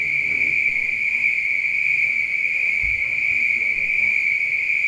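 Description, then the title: Spring peeper chorus forming a constant high ringing drone, the many overlapping calls merging into one even tone, with a faint low thump near the middle. Recorded at night. "neoscenes: night peepers"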